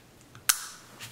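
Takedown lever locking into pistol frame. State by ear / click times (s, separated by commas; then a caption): seated / 0.5 s. During reassembly of a field-stripped steel Zastava M70 .32 ACP pistol, the takedown lever is swung around into the frame. A faint tick at 0.3 s comes before one sharp, bright metallic click at 0.5 s, which rings out briefly. The lever snaps and locks in place, fully seated.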